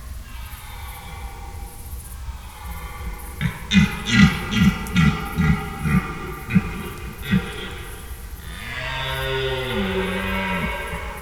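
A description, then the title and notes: A red deer stag gives a run of short, deep grunting barks from about four to seven seconds, then a longer drawn-out bellow near the end that bends in pitch. A steady low rumble of wind or noise runs underneath throughout. Stags on the Rut. An extract from an overnight recording of red deer stags calling during the rut. Recorded in Schönbuch, near Tübingen, DE, in September 2023.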